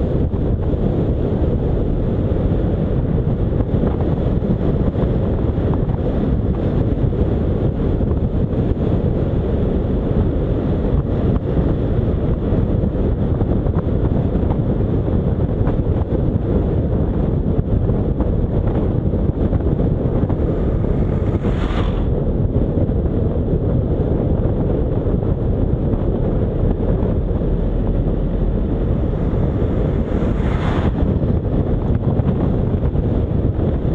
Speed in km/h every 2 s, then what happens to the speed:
52, 54, 54, 53, 53, 53, 51, 50, 44, 40, 39, 38, 41, 45, 49, 48, 49.
0-10 steady at about 53. 10-21 slows to 38. 21-28 speeds up to 49. 28-34 steady at about 49.